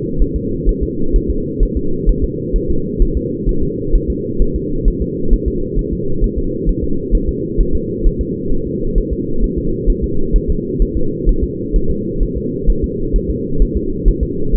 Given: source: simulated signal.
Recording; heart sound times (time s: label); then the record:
fetal heart sounds
0.22 s: S1
0.36 s: S2
0.69 s: S1
0.83 s: S2
1.16 s: S1
1.30 s: S2
1.63 s: S1
1.77 s: S2
2.09 s: S1
2.24 s: S2
2.56 s: S1
2.70 s: S2
3.02 s: S1
3.17 s: S2
3.49 s: S1
3.63 s: S2
3.95 s: S1
4.10 s: S2
4.42 s: S1
4.56 s: S2
4.88 s: S1
5.02 s: S2
5.33 s: S1
5.48 s: S2
5.79 s: S1
5.93 s: S2
6.24 s: S1
6.38 s: S2
6.69 s: S1
6.84 s: S2
7.15 s: S1
7.29 s: S2
7.61 s: S1
7.75 s: S2
8.06 s: S1
8.21 s: S2
8.52 s: S1
8.67 s: S2
8.98 s: S1
9.13 s: S2
9.44 s: S1
9.58 s: S2
9.90 s: S1
10.04 s: S2
10.36 s: S1
10.50 s: S2
10.82 s: S1
10.97 s: S2
11.29 s: S1
11.43 s: S2
11.76 s: S1
11.90 s: S2
12.23 s: S1
12.37 s: S2
12.70 s: S1
12.84 s: S2
13.16 s: S1
13.30 s: S2
13.62 s: S1
13.77 s: S2
14.08 s: S1
14.23 s: S2
14.55 s: S1
From the record:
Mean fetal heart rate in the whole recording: 130 bpm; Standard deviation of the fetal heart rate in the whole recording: 2 bpm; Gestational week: 38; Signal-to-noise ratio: -8.1 dB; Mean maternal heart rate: 72 bpm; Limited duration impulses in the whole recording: absent